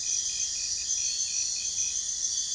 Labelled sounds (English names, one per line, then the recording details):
none
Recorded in pastures near Puerto Asís, Putumayo, Colombia, on 22 June 2025 at 04:30
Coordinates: 0.466, -76.322
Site GP07